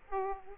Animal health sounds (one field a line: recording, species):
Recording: mosquito wingbeat signal from an infrared sensor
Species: Aedes aegypti